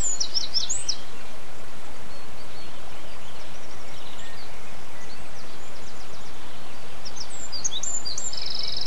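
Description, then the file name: Bird song: quick high chirps and twittering at the opening and close, faint chirping in between, steady rushing noise throughout. Birdsong dated 11 04 07, recorded on an MZ-N710 device. "MZ-N 710 Chants d oiseaux 11 04 07"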